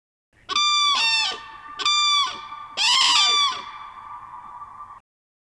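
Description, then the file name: Common crane trumpeting in three loud, ringing, honking bursts, the last the roughest, with a steady tone holding between and after them. Played back. "Trane"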